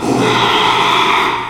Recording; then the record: squeal of a Yucatan mini pig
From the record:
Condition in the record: after surgery on the right vocal fold (resection and tissue-engineered implant); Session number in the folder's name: 1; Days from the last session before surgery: 6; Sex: male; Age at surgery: 12 weeks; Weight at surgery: 13 kg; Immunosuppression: cyclosporine, prednisolone